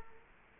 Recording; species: mosquito wingbeat signal from an infrared sensor; Culex quinquefasciatus